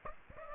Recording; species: mosquito wingbeat signal from an infrared sensor; Aedes aegypti